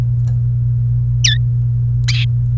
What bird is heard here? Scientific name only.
Serinus canaria